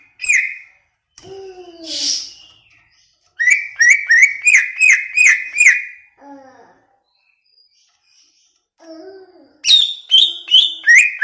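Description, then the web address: Greater green leafbird song: bursts of rapid, repeated whistled notes with buzzy overtones, separated by pauses, with lower warbled phrases between the bursts. From Banyuwangi; song described as gacor. "cucak ijo banyuwangi"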